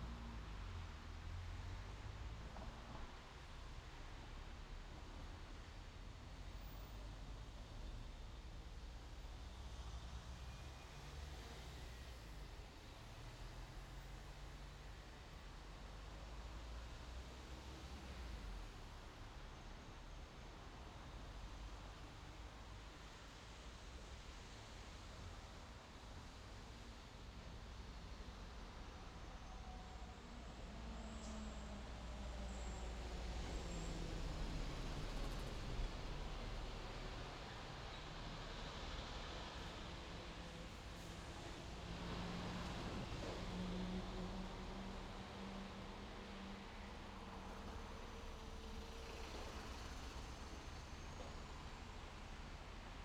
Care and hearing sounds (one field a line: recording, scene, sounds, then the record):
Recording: everyday scene through a hearing-aid microphone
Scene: in traffic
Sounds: traffic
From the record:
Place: main road on the outskirts, rush hour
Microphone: in the ear canal, left